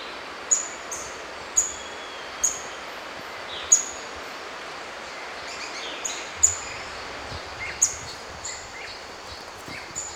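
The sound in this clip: White-browed foliage-gleaner calling: an irregular series of piercing, very high short notes over hiss and faint other birds.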